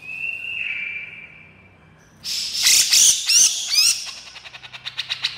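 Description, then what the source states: Grey-cheeked bulbul with a thin steady whistle, then loud harsh squeaky bursts trailing into a series of quick pulses. Female bird; described as gacor, actively and energetically vocalising.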